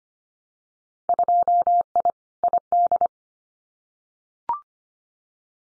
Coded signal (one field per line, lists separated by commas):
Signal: Morse code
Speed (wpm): 25 wpm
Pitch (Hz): 700 Hz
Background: none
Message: 2I ID